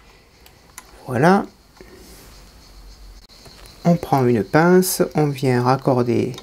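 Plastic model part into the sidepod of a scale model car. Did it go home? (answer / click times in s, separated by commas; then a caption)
yes / 0.8 s. A small plastic part carrying the electrical cable is pushed into the sidepod of a 1/8 scale Lotus Renault 97T model car until it clips into place, giving a sharp click at 0.8 s. Someone then talks, and the part is seated.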